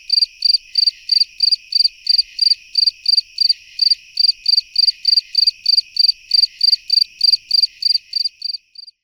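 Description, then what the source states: Fall field cricket chirping: short, high, pulsed chirps repeated steadily and rapidly, over twenty in a row, with no other clear sounds. Recorded in the daytime, then at night.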